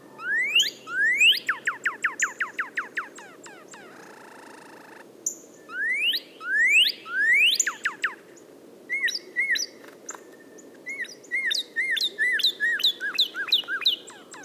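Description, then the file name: Northern cardinal song: runs of loud, downslurred whistles repeated rapidly, a brief burst of noise, more downslurred runs, then series of short, arched whistled notes. "suara cardinal"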